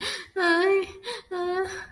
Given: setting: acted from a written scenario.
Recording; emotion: vocal sound without words; pain